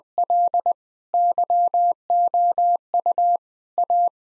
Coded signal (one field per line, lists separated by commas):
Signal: Morse code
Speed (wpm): 20 wpm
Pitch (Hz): 700 Hz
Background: none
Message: L YOU A